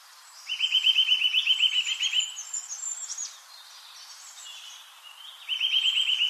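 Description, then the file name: Eurasian nuthatch giving a fast, even trill of repeated whistled notes lasting nearly two seconds, then after a few seconds another trill, with faint high bird notes behind. "Sitta europaea"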